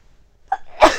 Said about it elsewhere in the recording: I had to sneeze. When I sneeze, I say, like 10 times.